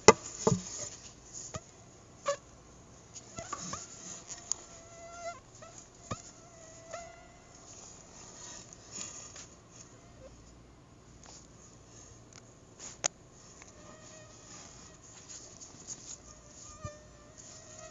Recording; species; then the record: mosquito flight sound by mobile phone; Anopheles arabiensis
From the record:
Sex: female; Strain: Dongola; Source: CDC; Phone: Google Nexus